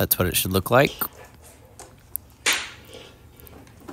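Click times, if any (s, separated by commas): 2.2 s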